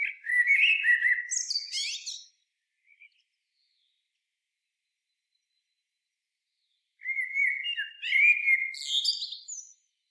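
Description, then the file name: Common blackbird song, two phrases separated by a long pause, each a low melodious warble finishing in high, chattering squeaks. "Turdus merula"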